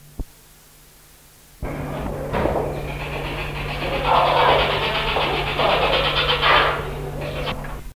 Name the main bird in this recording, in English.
Oriental Dollarbird